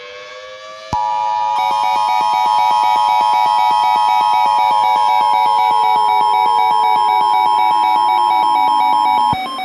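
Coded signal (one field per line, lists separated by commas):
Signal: Emergency Alert System (SAME) tones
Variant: 853 and 960 Hz attention tone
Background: music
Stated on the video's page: Fictional scenario recreation of alerts, not a real broadcast.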